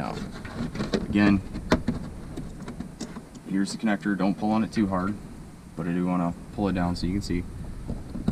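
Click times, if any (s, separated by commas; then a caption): 8.3 s. A wheel-bearing ABS sensor's wiring connector is slid by hand into its plastic harness plug while someone talks. Small handling taps sound, and a sharp click at 8.3 s confirms the connector has locked in and is seated.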